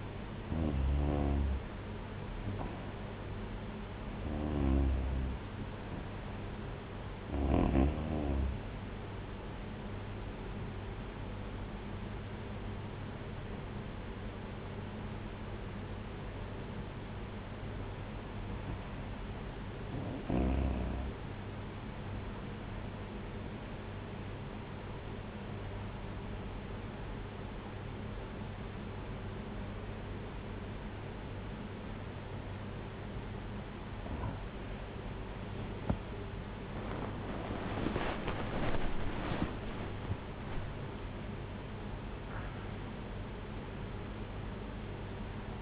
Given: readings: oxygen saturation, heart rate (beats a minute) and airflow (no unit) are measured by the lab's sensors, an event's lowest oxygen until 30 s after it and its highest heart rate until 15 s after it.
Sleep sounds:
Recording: breathing in sleep by a voice recorder at the bedside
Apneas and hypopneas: 1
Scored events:
12.00-34.00 s: hypopnea (N2, oxygen 95% highest, then 93% lowest)
34.00-45.61 s: new sleep stage, N1 (lightest sleep)
From the record:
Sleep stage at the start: N2 (light sleep)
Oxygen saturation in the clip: 92 to 95%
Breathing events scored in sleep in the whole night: 226 in 8.8 hours asleep

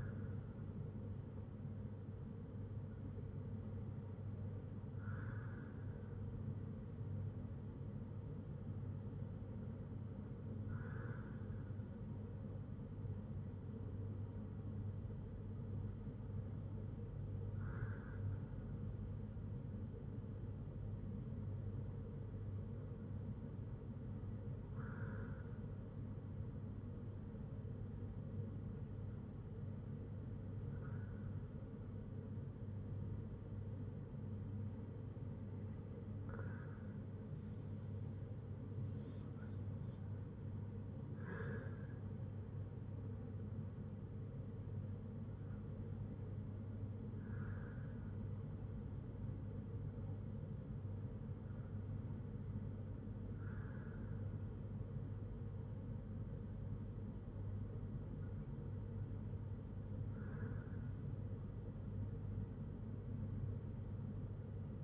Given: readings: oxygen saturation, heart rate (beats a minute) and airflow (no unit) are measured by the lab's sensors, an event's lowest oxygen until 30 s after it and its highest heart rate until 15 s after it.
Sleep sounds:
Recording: breathing in sleep by a smartphone at the bedside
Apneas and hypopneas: none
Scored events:
none scored
From the record:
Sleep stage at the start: N2 (light sleep)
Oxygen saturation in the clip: 94 to 96%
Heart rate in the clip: 55 to 77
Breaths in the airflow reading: 11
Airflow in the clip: -5.2 to 4.4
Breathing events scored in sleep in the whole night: 182 in 7.4 hours asleep

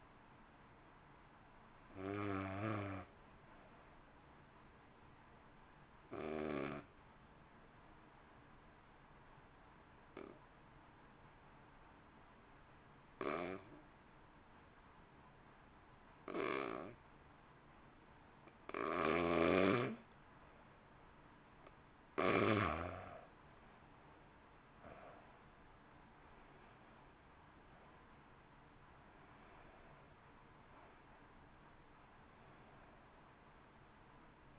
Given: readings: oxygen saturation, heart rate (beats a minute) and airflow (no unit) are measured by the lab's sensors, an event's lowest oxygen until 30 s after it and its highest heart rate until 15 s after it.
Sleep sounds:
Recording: breathing in sleep by a voice recorder at the bedside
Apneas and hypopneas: 1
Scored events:
3.00-20.80 s: hypopnea (N2, oxygen 96% highest, then 85% lowest, heart rate 50 at the start, 62 highest)
14.00-34.59 s: new sleep stage, N1 (lightest sleep)
From the record:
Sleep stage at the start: N2 (light sleep)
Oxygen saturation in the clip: 86 to 96%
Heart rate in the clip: 50 to 62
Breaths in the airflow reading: 9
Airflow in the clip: -1.2 to 1.9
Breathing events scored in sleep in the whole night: 328 in 6.3 hours asleep

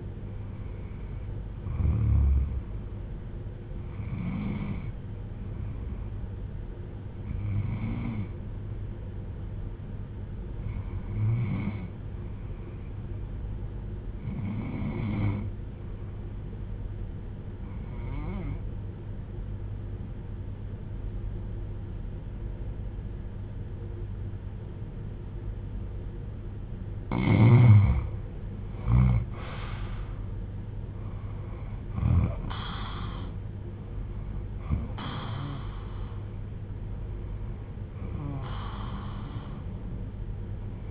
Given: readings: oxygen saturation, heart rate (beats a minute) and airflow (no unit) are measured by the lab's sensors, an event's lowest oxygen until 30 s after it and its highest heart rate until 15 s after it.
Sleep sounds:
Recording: breathing in sleep by a smartphone at the bedside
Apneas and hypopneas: 1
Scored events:
13.00-31.00 s: obstructive apnea (N2, oxygen 97% highest, then 90% lowest)
From the record:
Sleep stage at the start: N2 (light sleep)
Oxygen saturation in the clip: 93 to 97%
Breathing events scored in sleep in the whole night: 310 in 8.1 hours asleep

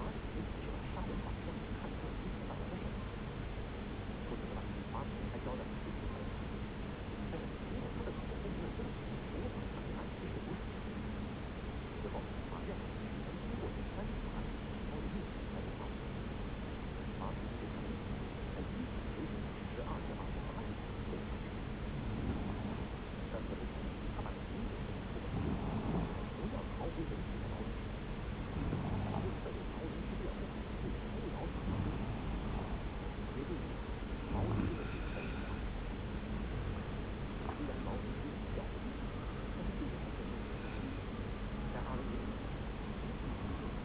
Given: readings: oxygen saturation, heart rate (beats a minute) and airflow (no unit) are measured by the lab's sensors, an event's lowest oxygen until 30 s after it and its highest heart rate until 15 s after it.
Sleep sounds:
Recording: breathing in sleep by a voice recorder at the bedside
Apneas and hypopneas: 1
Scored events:
4.00-34.00 s: new sleep stage, N1 (lightest sleep)
9.00-32.60 s: hypopnea (N1, oxygen 97% highest, then 91% lowest)
34.00-43.85 s: new sleep stage, N2 (light sleep)
From the record:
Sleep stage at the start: N2 (light sleep)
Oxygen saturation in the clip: 91 to 97%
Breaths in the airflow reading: 14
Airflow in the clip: -1.2 to 1.6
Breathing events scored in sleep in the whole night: 335 in 6.7 hours asleep

